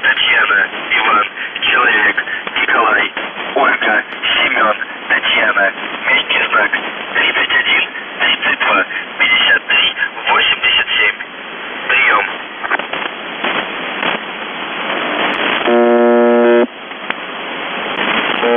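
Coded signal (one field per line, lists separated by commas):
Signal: numbers station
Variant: UVB-76, Russian voice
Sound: a distorted male voice reads a message over static, then one short harsh buzz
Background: radio static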